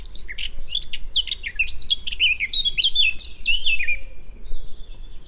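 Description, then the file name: Eurasian blackcap singing a rapid, varied warble of quick chirpy and fluty notes that tumble downward in pitch, over a steady low rumble. "Sylvia atricapilla"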